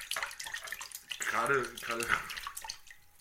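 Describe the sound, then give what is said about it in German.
Water splashes and sloshes in a bathtub as two people sit in it together, a steady wash of noisy swishing over about three seconds, with a brief tonal, voice-like sound rising in the middle. “Gerade wenn wir hier zu zweit sitzen, ist so ein Planscher.”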